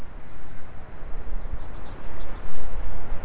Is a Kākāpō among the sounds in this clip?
no